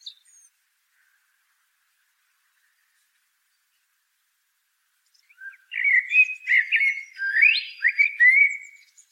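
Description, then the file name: Common blackbird song: after a long quiet spell, one lively phrase of fluted whistles mixed with squeaky, chattering high notes. "Turdus merula"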